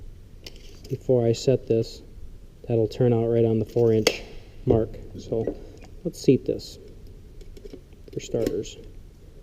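A blind rivet is handled at a hand rivet gun, ready to join the overlapping sheet-metal corner seam of a lap joint, while someone talks. Brief ticks and taps of handling are heard near 0.5 s and between 7.1 and 7.9 s. Nothing has been set or seated yet.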